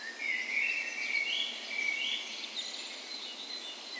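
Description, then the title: Birds: dawn chorus with several high whistled and chirping phrases overlapping over faint background hiss. Dawn chorus in spring, morning of 17 May, Norway's National Day, in a park west in Bergen, Norway; recorded with Sony PCM A10 and LOM micro Usi microphones as tree ears. "17th Of May Dawn Chorus"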